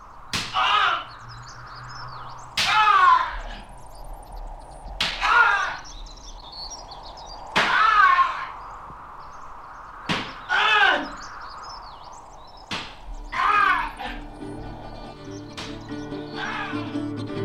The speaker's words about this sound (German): Noch in der Nacht verfolgte mich das Zischen der Peitsche und die Schreie des Generals.